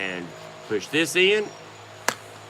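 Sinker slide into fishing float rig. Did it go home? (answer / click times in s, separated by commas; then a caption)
yes / 2.1 s. A plastic sinker slide is pushed into a DIY catfish float rig while someone talks briefly. A single sharp click at 2.1 s marks the slide locking into place, and it seats.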